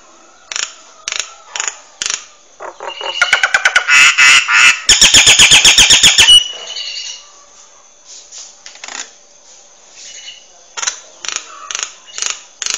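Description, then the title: Nias hill myna giving loud, harsh, clipped notes in spaced bursts, breaking into a fast rattling series of raspy pulses midway, then returning to single sharp calls. Bird described as gacor, singing constantly, with a very loud 'super gledek' voice; used for masteran, tutoring other birds. "Burung Jalak Nias Gacor Suara Super Gledek Untuk Masteran"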